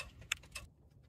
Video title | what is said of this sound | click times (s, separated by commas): ADD a Circuit Breaker to your Electric Panel | And then rocks forward and locks into place. | 0.3 s